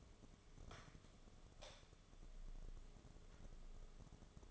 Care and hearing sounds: daily activity, microphone in the room; light on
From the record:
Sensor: 4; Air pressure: 1011.1 hPa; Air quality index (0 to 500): 146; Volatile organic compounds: 3 ppm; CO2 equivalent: 1498 ppm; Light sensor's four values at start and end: 153/398/169/175 and 153/400/169/176

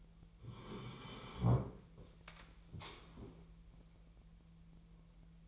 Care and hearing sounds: daily activity, microphone in the room; sit down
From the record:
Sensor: 1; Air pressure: 1002.0 hPa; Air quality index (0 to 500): 244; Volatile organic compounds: 111 ppm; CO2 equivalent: 3826 ppm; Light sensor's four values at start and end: 10/25/10/12 and 10/25/10/12

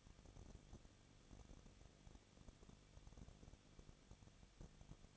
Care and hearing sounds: daily activity, microphone in the room; no activity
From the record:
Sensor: 4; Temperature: 23.0 degrees Celsius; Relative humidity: 34.1%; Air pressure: 1007.4 hPa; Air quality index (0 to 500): 213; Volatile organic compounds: 14 ppm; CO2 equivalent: 2448 ppm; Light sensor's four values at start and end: 2/3/1/1 and 2/3/1/1

